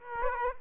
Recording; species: mosquito wingbeat signal from an infrared sensor; Aedes aegypti